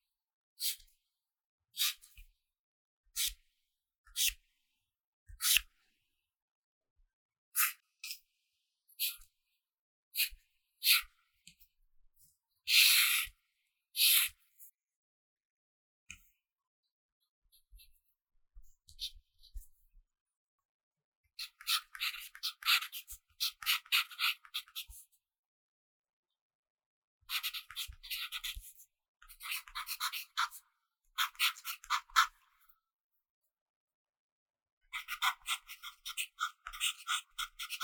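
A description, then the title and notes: A pencil writes in short, separate strokes for the first twenty seconds, each a quick scratchy burst about once a second, with a denser rasp near 13 seconds. After that, longer runs of continuous scribbling come in clusters, separated by brief pauses, until the end. 寫字聊天 | 書寫聲 | Pencil Writing Sound for Relax | No Talking.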